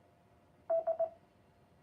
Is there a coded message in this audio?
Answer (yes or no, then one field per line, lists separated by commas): no